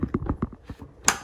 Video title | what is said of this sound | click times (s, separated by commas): New Dyson V11 - Open box & Full Review | and you'll hear the bottom latch click | 1.1 s